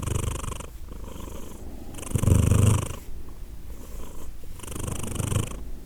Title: Edith purring, Glasgow, Scotland in December 2023 – by Steve Urquhart